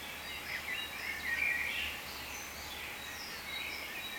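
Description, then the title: Birds twittering in a thick overlapping chorus, a brief louder burst of chirps early on, then steady high chatter. "cizici, birds"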